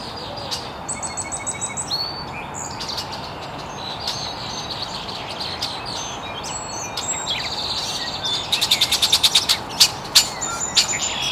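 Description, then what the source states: Birds chirping, with a fast even trill early on and a rapid ticking series toward the end, other birds calling over a steady hiss. Birds chirping very early in the morning in an estuary.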